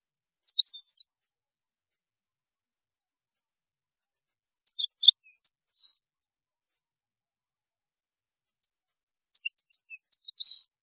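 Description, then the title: European goldfinch song: three brief bursts of high twittering notes spaced several seconds apart, with silence between. "Chant Chardonneret"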